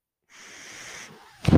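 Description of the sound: A steady airy hiss of home mechanical ventilator airflow lasts under a second during a pause in speech, then speech resumes.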